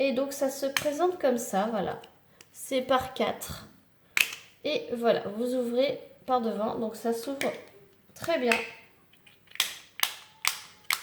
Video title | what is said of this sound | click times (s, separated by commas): Diamond painting Unboxing Partenariat GUDFEL #3 | se clipse très bien parce que c'est le pilulier | 9.6 s, 10.0 s, 10.5 s, 10.9 s